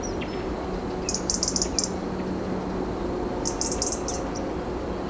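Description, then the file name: European robin gives two brief bursts of high, rapidly repeated notes roughly two seconds apart, with a quiet hum and hiss behind. "Erithacus rubecula"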